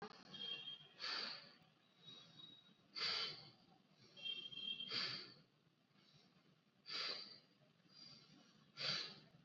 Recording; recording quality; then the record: deep breathing; excellent, no background noise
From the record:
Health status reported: COVID-19 positive, mild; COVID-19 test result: positive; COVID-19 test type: RT-PCR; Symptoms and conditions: cough, diabetes, another condition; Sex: male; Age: 55 years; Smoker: yes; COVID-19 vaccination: both doses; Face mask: worn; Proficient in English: yes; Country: India